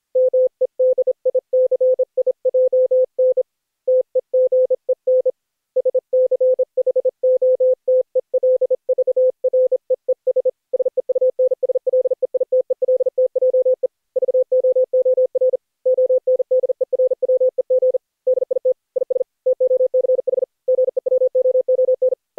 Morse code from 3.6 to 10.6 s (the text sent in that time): TEGEN SCHOTELVREES